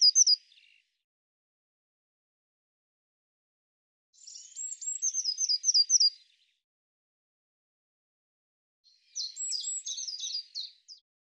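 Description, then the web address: Eurasian blue tit repeating its call: three bursts of high thin notes with rapid buzzy chattering, spaced roughly four to five seconds apart. "cianscape birddata Deverinetal 2025 File cleaned normalized Bird Cy Ca"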